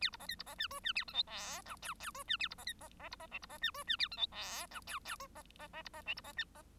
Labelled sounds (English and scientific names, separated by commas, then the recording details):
Bengalese Finch (Lonchura striata domestica) song
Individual Bird1